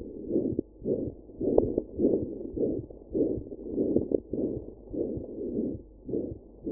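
An adult heart heard through a stethoscope, with cycles repeating at roughly 105 a minute. Each carries a prolonged whooshing noise that fills much of the beat, with a muffled, low-pitched tone. This is a heart murmur, the sound of turbulent blood flow through the heart.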